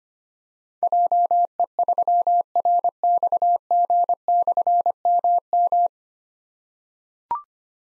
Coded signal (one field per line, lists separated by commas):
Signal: Morse code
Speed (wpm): 25 wpm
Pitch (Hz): 700 Hz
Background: none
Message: JE3RXG/MM